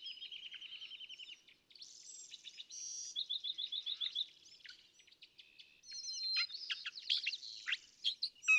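California thrasher pouring out a varied song of quick trills, repeated chips, and sharp whistled slurs, louder near the end.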